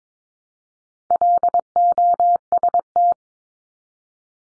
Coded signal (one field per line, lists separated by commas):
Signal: Morse code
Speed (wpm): 22 wpm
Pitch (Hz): 700 Hz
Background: none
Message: LOST